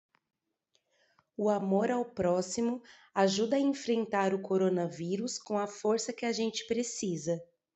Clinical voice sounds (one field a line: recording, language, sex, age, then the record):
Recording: spoken sentence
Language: Brazilian Portuguese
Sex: female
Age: 40 to 49 years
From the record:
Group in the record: control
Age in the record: 40 years